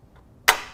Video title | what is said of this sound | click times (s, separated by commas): Threading a Baby Lock Imagine Serger | so you hear that snap and this lever moves over to the left and now | 0.5 s